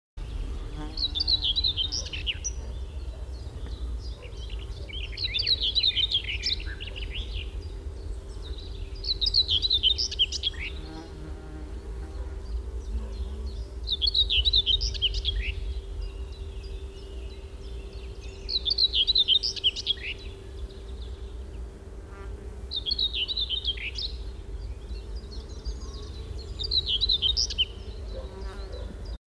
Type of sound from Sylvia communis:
song